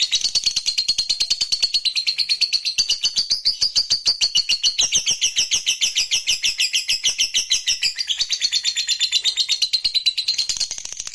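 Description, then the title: Lovebird song of continuous, fast, high twittering pulses with small rises and falls in pitch throughout, steady and unbroken. "Suara Lovebird"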